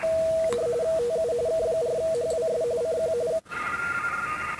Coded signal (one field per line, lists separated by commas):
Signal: RTTY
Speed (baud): 45.45 baud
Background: radio noise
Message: TU K4HWS CQ